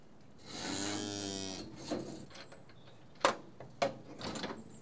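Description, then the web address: Cattle mooing: one long, steady harmonic low, followed by metallic clanks and knocks of gates or equipment. Farm livestock; cattle recorded while being tested. "The BBC Sound Effects Library. Cattle Being Tested"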